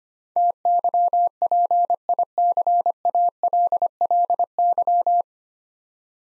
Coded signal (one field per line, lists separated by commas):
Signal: Morse code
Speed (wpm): 25 wpm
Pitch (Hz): 700 Hz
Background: none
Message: TYPICALLY